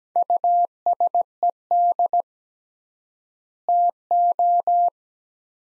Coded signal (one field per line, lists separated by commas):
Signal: Morse code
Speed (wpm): 17 wpm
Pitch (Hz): 700 Hz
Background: none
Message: USED TO